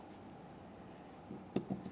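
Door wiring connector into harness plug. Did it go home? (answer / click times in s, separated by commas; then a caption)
no / none. A plastic door wiring connector on a 2011-2021 Jeep Grand Cherokee is lined up and pressed toward the door harness plug. Quiet handling noise builds, with a brief sharp sound at about 1.6 s and a few softer knocks after it. Nothing has seated or clicked yet.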